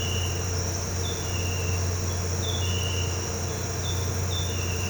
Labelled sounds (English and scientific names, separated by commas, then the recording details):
none
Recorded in pastures near Puerto Asís, Putumayo, Colombia, on 13 March 2025 at 07:00
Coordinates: 0.466, -76.322
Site CSA-02